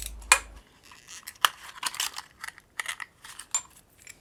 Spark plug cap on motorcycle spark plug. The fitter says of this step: go and you need to make sure you push them down hard enough that you hear all the clicks because that's when it will seal at the top